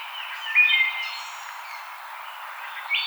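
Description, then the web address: Wood thrush: fluted songbird phrase early on, lingering and echoing, then a short rising note at the end. Recorded 5 May 2007. "Wood Thrush 2007 05 05"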